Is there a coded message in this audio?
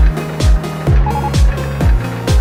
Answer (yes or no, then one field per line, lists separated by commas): no